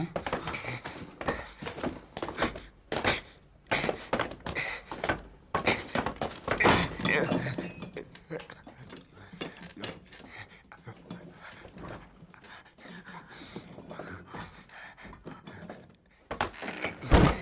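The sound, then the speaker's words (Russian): A chair thumps and bangs repeatedly against the floor as someone hops on it trying to free himself, the uneven knocks coming in quick bursts with scraping and jostling between them. “скачет на стуле и пытается освободиться.”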